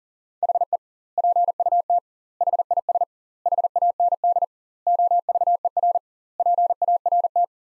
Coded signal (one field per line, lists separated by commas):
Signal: Morse code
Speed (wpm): 37 wpm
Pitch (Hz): 700 Hz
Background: none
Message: HE PUT HIS HAND OVER PART